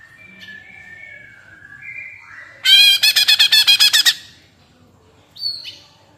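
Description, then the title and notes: Leafbird song: soft slurred whistles, then a loud burst of about ten rapid buzzy chirps, ending with a brief high note. Lively, melodious singing intended as a master recording for training captive leafbirds; described as gacor, ngentrok, with raised crest (jambul nembak). "Cucak Ijo Gacor Ngentrok Jambul Nembak. suara burung cucak ijo gacor, merdu cocok buat masteran burung cucak ijo"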